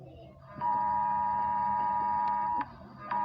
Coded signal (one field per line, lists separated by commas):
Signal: Emergency Alert System (SAME) tones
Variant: 853 and 960 Hz attention tone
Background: speech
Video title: EAS Mock: Talk ,n EAS!!!